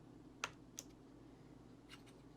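A plastic keycap is pressed back onto its key switch stem while reassembling a cleaned mechanical keyboard. A subtle, sharp snap at 0.4 s is followed by a softer tick at 0.8 s and faint clicks near 2.0 s, over a low steady hum. The keycap is seated on the switch at 0.4 s.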